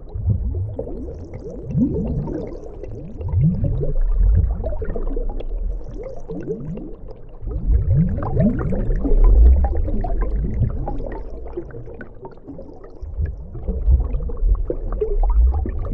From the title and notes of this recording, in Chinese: 水下的流水声。